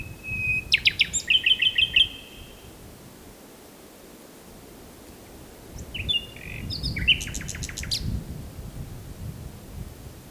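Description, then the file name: Common nightingale song phrases: a whistled note leading into rapid rattling repeats, a pause, then another fast varied phrase with sharp clicks, light low background rumble. "Luscinia megarhynchos"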